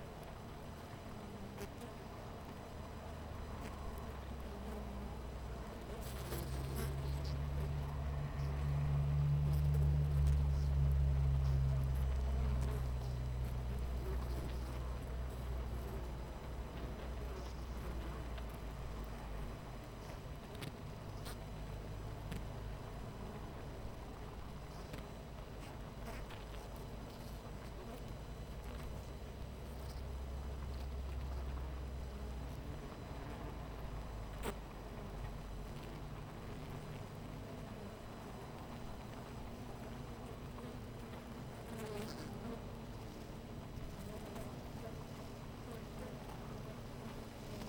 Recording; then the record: honeybee colony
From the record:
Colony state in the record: missing queen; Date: 14 July 2017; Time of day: 13:00